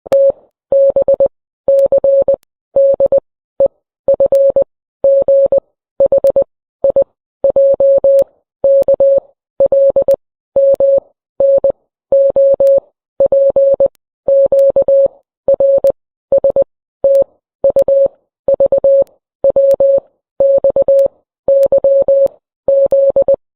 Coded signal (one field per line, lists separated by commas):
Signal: Morse code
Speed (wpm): 20 wpm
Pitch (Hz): 550 Hz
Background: none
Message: T B C D E F G H I J K L M N O P Q R S T U V W X Y Z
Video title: flying giggle dances to Morse code